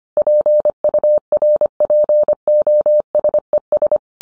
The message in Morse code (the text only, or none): PURPOSES